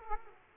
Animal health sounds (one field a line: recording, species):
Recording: mosquito wingbeat signal from an infrared sensor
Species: Aedes aegypti